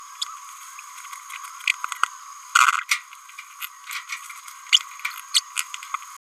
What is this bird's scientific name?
Forpus passerinus